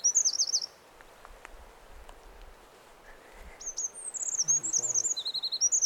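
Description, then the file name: Eurasian wren song: a loud, rapid, high-pitched trilling burst at the start, then after a quiet pause a longer run of fast warbled trills and rattles. "Troglodytes troglodytes"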